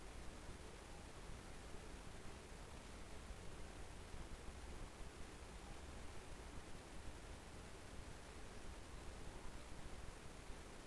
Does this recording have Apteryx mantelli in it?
no